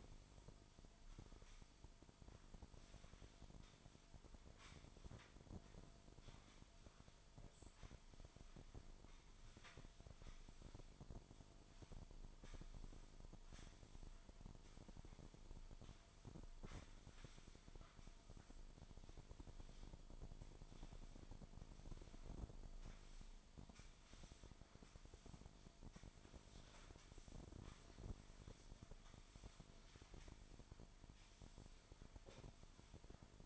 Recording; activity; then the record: daily activity, microphone in the room; sweep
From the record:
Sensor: 5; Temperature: 24.7 degrees Celsius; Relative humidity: 41.5%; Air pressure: 1003.2 hPa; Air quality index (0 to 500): 131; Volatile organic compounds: 1 ppm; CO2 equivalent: 963 ppm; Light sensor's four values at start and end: 46/109/46/51 and 46/110/46/51